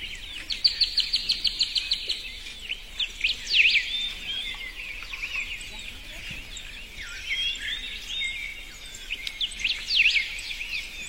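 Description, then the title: Birds singing, bursts of rapid chipping notes and sweeping whistles from several birds, overlapping in a lively chorus. In a forest. "森林鸟鸣声"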